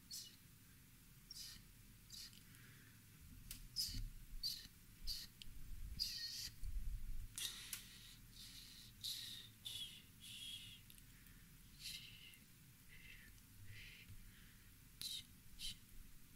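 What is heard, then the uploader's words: Scissors snip through hair in quick, crisp bursts, irregular and frequent, over a low steady rumble with soft shuffling between cuts. CUTTING HAIR ASMR NO TALKING, ASMR HAIRCUT, ASMR CUTTING YOUR BANGS, ASMR SCISSORS SOUNDS.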